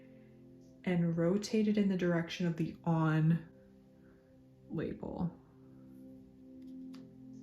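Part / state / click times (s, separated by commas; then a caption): oil cartridge into refillable nail oil pen / seated / 7.0 s. Someone talks while a plastic oil cartridge is pushed fully into a Holo Taco refillable nail oil pen and rotated toward the "on" label, over a steady low background hum. A single faint click at 7.0 s marks the cartridge seating, locked in the on position.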